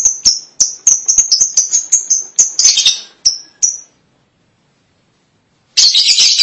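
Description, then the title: Lovebird giving sharp, high chirps repeated several times a second for about four seconds, then silence, then a burst of shrill, dense chattering. "BM Suara Burung Lovebird"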